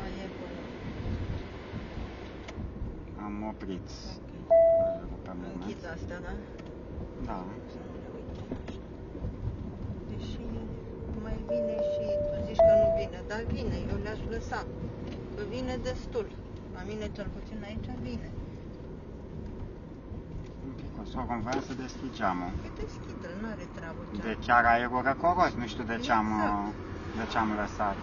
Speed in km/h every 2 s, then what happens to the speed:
40, 37, 37, 40, 43, 45, 47, 45, 41, 41, 38, 37, 37, 39.
4-11 speeds up to 47. 11-21 slows to 37. 21-28 steady at about 37.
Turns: none.